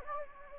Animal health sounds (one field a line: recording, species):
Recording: mosquito wingbeat signal from an infrared sensor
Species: Anopheles gambiae